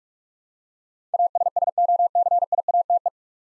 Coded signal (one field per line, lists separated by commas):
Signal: Morse code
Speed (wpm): 47 wpm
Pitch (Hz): 700 Hz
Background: none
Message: ASSOCIATE